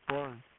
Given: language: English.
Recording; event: throat vibration sensor signal played as sound; speech